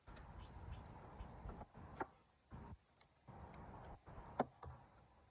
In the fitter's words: Snapped into place.